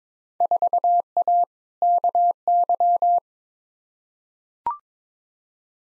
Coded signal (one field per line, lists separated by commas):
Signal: Morse code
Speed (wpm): 22 wpm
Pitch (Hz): 700 Hz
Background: none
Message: 4A KY